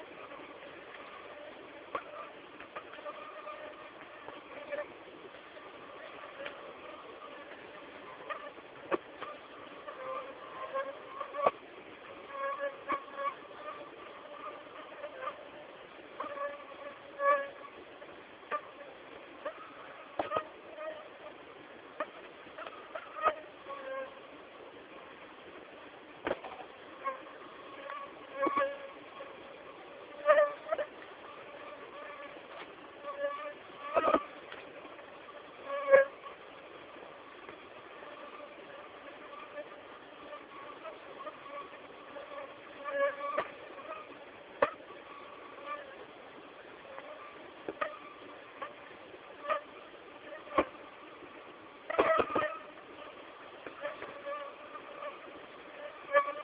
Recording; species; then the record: mosquito flight sound by mobile phone; Aedes aegypti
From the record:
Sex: female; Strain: 10130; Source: CDC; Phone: Samsung T209